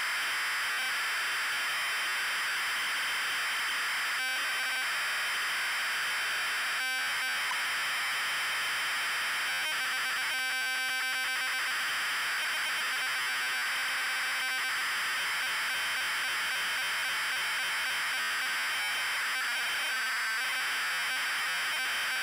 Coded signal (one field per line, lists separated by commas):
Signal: ZX Spectrum tape loading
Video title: Wizball TZX load test (ZX Spectrum +2, UK)